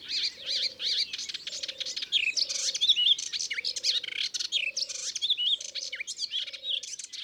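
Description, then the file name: Melodious warbler song, a fast, chattering, varied warble of high twittering and slurred notes, while a low steady hooting note repeats about once a second beneath it. Recorded in Ardèche. "Hypolais-Polyglotte Ardeche"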